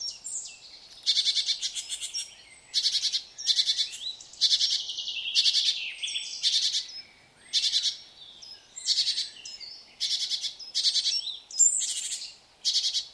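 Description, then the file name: Great tit calls: harsh, buzzy chattering bursts repeated about every second, mixed with thin whistled notes and swooping high calls. "Parus major"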